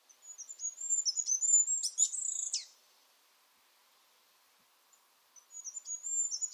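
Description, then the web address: Bird song phrase of rapid, very high, thin whistled notes lasting nearly three seconds. A quiet gap follows, then a second similar phrase starts at the end. "cianscape. Deverinetal 2025. Bird Only"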